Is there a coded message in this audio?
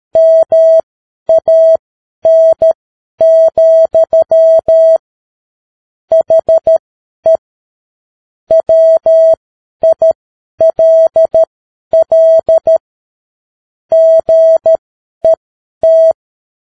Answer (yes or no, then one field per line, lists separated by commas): yes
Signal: Morse code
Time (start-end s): 0.2-16.1 s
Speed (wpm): 13 wpm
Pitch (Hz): 650 Hz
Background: none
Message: MAN, HE WILL GET